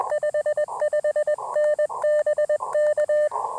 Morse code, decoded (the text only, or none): 55N BK